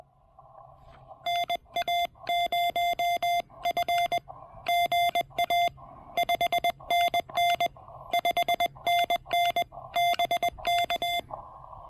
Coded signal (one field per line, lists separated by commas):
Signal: Morse code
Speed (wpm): 21 wpm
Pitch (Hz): 2100 Hz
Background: none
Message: NA0F GA 5NN 5NN BK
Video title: QRP POTA: Pairing the TEC-TEC R4020 with my cannibalized 40M EFHW at Lake Norman SP!